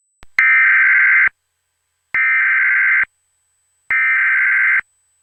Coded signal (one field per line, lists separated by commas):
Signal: Emergency Alert System (SAME) tones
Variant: header bursts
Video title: EAS Scenario: Angels [Part 3] Ft. Seabass, BirboTheCamel, and Maro-Hell #eas #easscenario